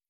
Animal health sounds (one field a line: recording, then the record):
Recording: hydrophone in a shrimp aquaculture tank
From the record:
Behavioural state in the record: feeding